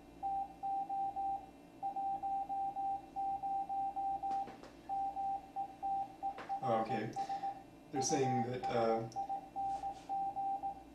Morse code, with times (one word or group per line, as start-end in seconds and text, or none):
0.2-1.4 TO
1.8-4.4 10
4.9-7.5 METERS
8.0-10.7 USING